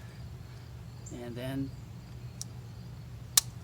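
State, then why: Seated. On a Chevy Trax 1.4T Ecotec, the small red plastic locking tab on the coil pack connector is pushed back in by hand while someone talks over a steady low hum. A faint tick comes at 2.4 s, then a sharp snap at 3.4 s as the tab locks, leaving the connector completely on.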